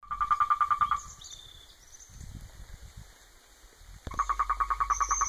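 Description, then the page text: Argentine toad pulsed trill heard briefly at the start, then a pause with faint bird notes and low rumble, before the rapid pulsing trill resumes. Wild adult male, recorded 3 November 2017 in Mendoza, Argentina. "Sapo-cururu-argentino (Rhinella arenarum) sapo-andino Sexo: Macho Fase da vida: Adulto Data de Registro: 03/11/2017 País: Argentina Província. Departamento: Mendoza"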